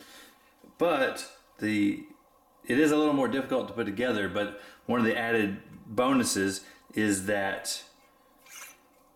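Someone talks while lining up a lightsaber emitter section with the handle of a metal Ultimate Works Fallen Order FO v2 lightsaber staff, holding both still to screw the emitter in with the bezel. The emitter is handled but not yet home; nothing has seated or clicked yet.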